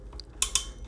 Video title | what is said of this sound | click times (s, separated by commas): Cuisinart DBM-8 Burr Mill Grinder Full Review Best 💯😁 | just start turning just start turning just start turning until you hear a click | 0.4 s